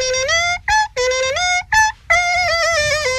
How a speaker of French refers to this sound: Le klaxon du Tour de France.